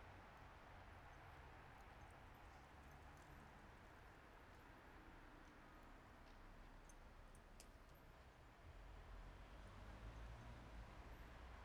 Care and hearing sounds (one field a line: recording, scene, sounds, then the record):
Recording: everyday scene through a hearing-aid microphone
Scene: in traffic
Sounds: traffic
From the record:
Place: bus stop on a city main road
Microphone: behind the ear, right, front